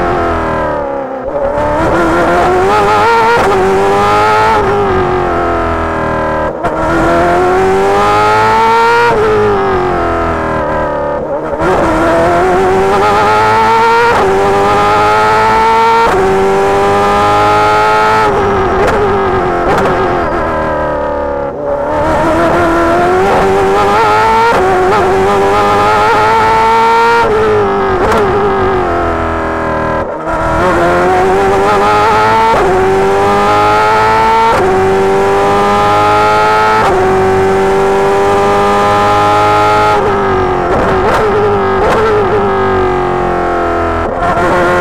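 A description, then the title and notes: In-car sound from a racing car, its engine loud and close throughout, climbing in pitch through each gear and dropping sharply at every shift. Brief lifts for braking cut the roar every few seconds before hard acceleration resumes. Corvette C8.R In-Car Audio, Long Beach 2021. Take a new in-car audio ride with the amazing Corvette C8.R driven by Tommy Milner and Nick Tandy at IMSA's 2021 round at Long Beach, courtesy of Corvette Racing.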